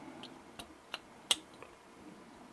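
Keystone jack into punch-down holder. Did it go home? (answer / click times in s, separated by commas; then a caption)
yes / 1.3 s. A keystone jack is placed into a plastic punch-down holder, with a few faint ticks and light clicks at about 0.2, 0.6 and 0.9 seconds as it is lined up. A loud, sharp snap at 1.3 seconds marks the jack seating in the holder.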